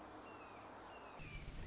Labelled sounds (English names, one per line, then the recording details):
Red-shouldered Hawk
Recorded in Sonoma County, California